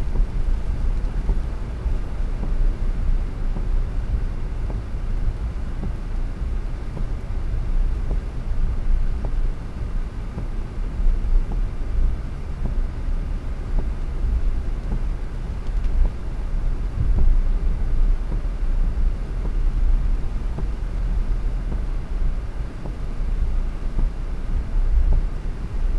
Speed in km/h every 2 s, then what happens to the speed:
57, 43, 38, 42, 38, 39, 47, 48, 49, 50, 52, 51, 51.
0-3 brakes to 38. 3-9 steady at about 38. 9-20 speeds up to 52. 20-26 steady at about 51.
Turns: none.